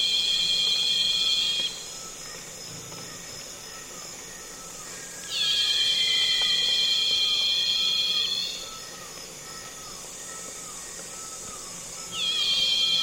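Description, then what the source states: Cicadas calling in repeated bouts of shrill sustained drone, separated by quieter gaps with faint repeated chirps. Loud cicadas calling on a calm afternoon in Congo basin rainforest, with other insects flying and buzzing close to the microphones.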